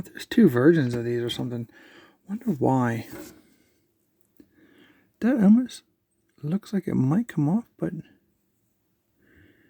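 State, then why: Not seated. Someone talks while handling a small plastic accessory piece for a Star Wars The Black Series Ahsoka's Baylan Skoll 1:12 scale action figure, with faint handling ticks in the quiet gaps between speech. Nothing has seated or clicked yet; the piece is not yet pressed home onto the figure.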